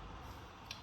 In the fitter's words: And if you just sort of get your tool in there, you can hear it popping out.